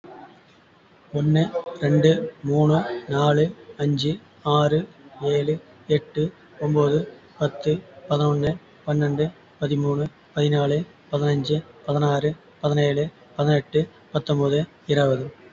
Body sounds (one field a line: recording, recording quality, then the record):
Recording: counting at a normal pace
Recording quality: excellent, no background noise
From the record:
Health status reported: recovered from COVID-19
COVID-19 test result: negative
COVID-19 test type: RT-PCR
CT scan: not taken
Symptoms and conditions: cough, cold, breathing difficulty, asthma, chronic lung disease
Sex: male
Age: 37 years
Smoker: yes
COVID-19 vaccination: both doses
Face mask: not worn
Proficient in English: no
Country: India